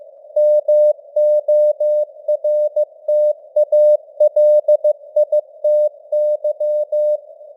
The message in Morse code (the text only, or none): MORTALITY